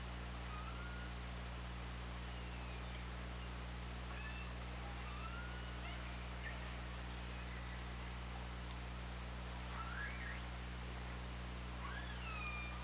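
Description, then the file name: Orca vocalizations: scattered squeals and bent whistle-like calls a few seconds apart, above a steady low drone. On an OrcaLab hydrophone, 24 August 2017, at 20:29:41. "Orca Lab UTLN JASON 20170824 202941"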